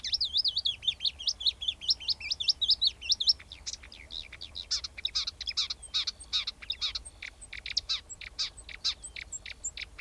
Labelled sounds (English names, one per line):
Marsh Warbler song